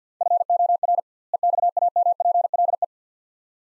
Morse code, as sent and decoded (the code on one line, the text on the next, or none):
..-. --- .-. / . -..- .- -- .--. .-.. .
FOR EXAMPLE